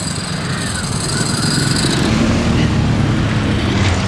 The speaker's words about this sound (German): Wahrscheinlich aber nur ein lockeres Blech im Leerlauf. Ja, wäre das vom Motor gekommen, hätte ich mal gemutmaßt, fährt er nicht mehr weit und lang.